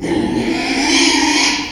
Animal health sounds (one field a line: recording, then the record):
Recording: squeal of a Yucatan mini pig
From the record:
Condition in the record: after surgery on the right vocal fold (resection and tissue-engineered implant)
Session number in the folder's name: 2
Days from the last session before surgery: 13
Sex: male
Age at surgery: 12 weeks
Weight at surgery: 13 kg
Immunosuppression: cyclosporine, prednisolone